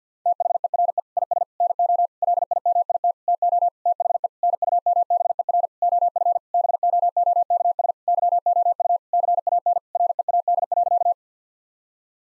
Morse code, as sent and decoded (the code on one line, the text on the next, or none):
- .... . .-. . / .. ... / -. --- / .-.. .. -- .. - / - --- / - .... . / -. ..- -- -... . .-. / --- ..-. / -... --- --- -.- ... / -.-- --- ..- / -.-. .- -. / .-. . .- -.. .-.-.-
THERE IS NO LIMIT TO THE NUMBER OF BOOKS YOU CAN READ.